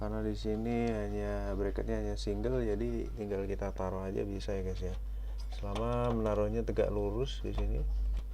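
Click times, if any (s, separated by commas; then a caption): none. An ASUS GeForce GT 1030 2GB GDDR5 64-bit low-profile graphics card is handled over a motherboard's PCIe x16 slot, to be pressed straight down until the slot's retention latch locks. Someone talks throughout over a steady low hum, with faint handling noises. Nothing has seated or clicked yet.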